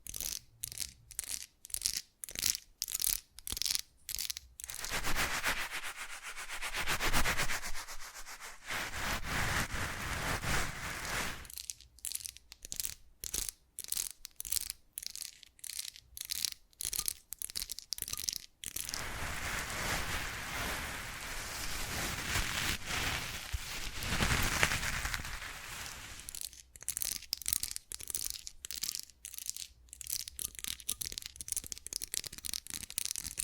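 Fast, unpredictable ASMR triggers: rapid tapping bursts alternate with longer bright rubbing and crinkling passages, shifting every few seconds throughout.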